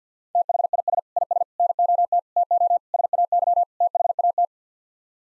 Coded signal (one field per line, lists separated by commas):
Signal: Morse code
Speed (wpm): 50 wpm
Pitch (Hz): 700 Hz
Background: none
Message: THIS IS NOT TO SAY THAT